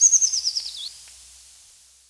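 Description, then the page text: Eurasian treecreeper song: one short high, thin phrase of rapid notes sliding downward and closing with a brief upturned flourish, followed by quiet. "Eurasian Treecreeper Song. Quick Sounds"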